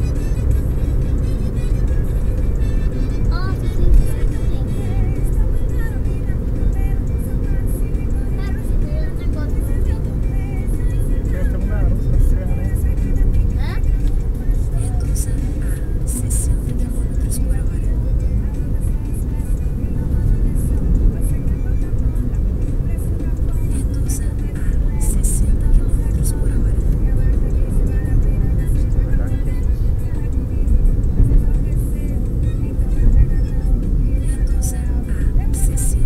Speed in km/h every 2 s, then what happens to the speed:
99, 93, 90, 88, 87, 84, 79, 75, 74, 78, 81, 75, 77, 80, 79, 68, 63, 60.
0-16 slows to 74. 16-28 steady at about 78. 28-36 slows to 60.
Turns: none.